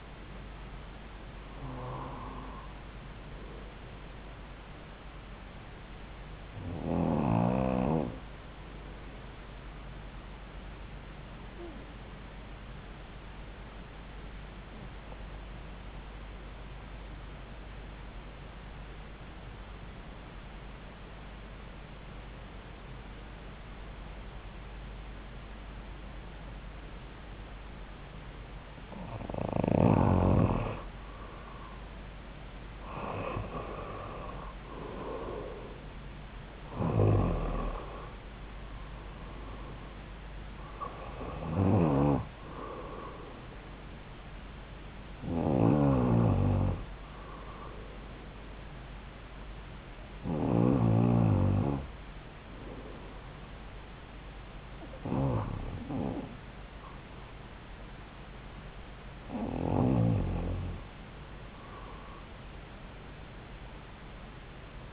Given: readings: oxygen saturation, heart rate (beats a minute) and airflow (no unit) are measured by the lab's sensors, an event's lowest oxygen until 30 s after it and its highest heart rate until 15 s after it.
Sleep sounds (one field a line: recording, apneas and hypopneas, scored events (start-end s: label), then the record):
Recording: breathing in sleep by a voice recorder at the bedside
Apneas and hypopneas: 1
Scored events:
5.00-64.93 s: new sleep stage, REM sleep
10.00-34.20 s: hypopnea (REM, oxygen 95% highest, then 88% lowest)
From the record:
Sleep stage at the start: N2 (light sleep)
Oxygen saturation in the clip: 88 to 96%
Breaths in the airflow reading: 11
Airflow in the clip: -6.8 to 8.1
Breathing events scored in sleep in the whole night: 270 in 6.1 hours asleep